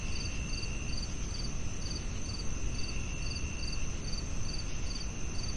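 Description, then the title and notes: Cricket chirps in an even rhythm of rapid high pulses, above a constant shrill tone and heavy low rushing noise throughout. Night soundscape of chirping crickets with added white noise. "the rhythmic melody of chirping crickets"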